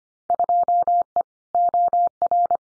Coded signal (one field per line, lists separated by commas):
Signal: Morse code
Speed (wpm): 25 wpm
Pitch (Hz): 700 Hz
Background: none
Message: 2E OR